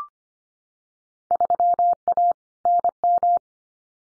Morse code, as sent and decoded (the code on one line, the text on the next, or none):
...-- .- / -. --
3A NM